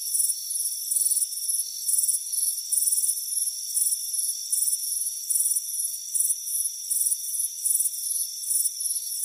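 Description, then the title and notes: Crickets chirp in rapid high-pitched bursts, about one and a half per second, above a constant thin background buzz. "Soothing Crickets Chirping Sound. It's a warm afternoon as you relax in a hammock on the front porch. Deep Sleep Sounds"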